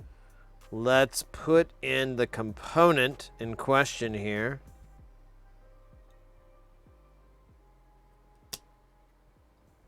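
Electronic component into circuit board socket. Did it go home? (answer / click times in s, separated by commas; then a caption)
yes / 8.5 s. Someone talks for about the first five seconds, then an electronic component being tested is pushed into its socket or test fixture on an audio circuit board. After a few seconds of quiet, one sharp snap is heard at 8.5 s, and the component is seated in the socket.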